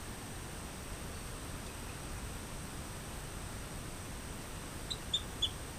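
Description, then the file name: Rio Grande chirping frog calling with three brief, high-pitched chirps close together at the very end, against constant hissing noise. "Eleutherodactylus cystignathoides"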